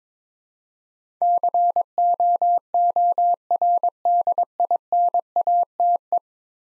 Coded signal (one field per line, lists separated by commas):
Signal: Morse code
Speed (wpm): 22 wpm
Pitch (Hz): 700 Hz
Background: none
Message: COORDINATE